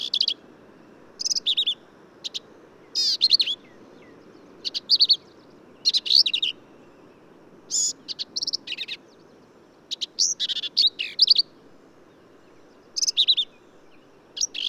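Black-capped vireo giving busy, jumbled phrases of sharp high chips and squeaky slurs, closely spaced with short gaps, over a low steady background rumble.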